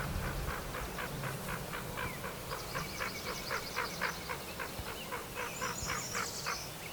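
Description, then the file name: Hooded merganser croaks repeated in a quick rasping series under a noisy background, with short high twittering. "Hooded Merganser - Lophodytes cucullatus"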